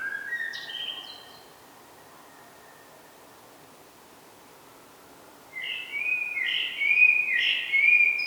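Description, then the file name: Common blackbird song: a fluty phrase with higher notes, a pause of several seconds, then a longer warbled phrase with high squeaky notes. "Turdus merula"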